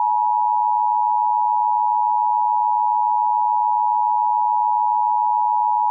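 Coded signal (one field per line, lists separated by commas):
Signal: Emergency Alert System (SAME) tones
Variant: 853 and 960 Hz attention tone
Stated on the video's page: Simulated mock amber alert.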